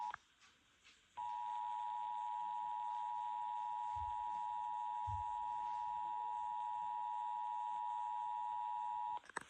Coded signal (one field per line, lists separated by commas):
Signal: Emergency Alert System (SAME) tones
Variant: 853 and 960 Hz attention tone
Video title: EAS Severe Thunderstorm Warning EAS#283